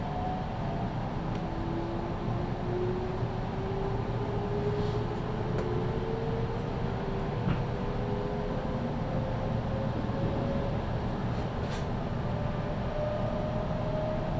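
A local train on the Chuo West Line rumbles steadily, a dense low roar with a faint rising whine and occasional brief clicks.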